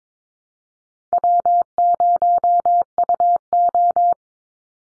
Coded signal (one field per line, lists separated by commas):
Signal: Morse code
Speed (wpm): 22 wpm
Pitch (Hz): 700 Hz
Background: none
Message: W0UO